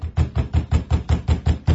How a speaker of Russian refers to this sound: Стучать в дверь пришлось долго.